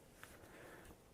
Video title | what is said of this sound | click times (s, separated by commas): Pixel 2 XL Otterbox DEFENDER and SYMMETRY CASE REVIEW | And again, it's just going to snap right in. There you go. | 0.2 s